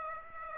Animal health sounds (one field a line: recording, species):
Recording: mosquito wingbeat signal from an infrared sensor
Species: Aedes aegypti